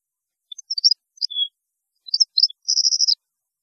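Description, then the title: European goldfinch song: scattered short chirps and a thin whistle, then a quick buzzy trill of rapidly repeated high notes, with clean silence between. "Chant Chardonneret"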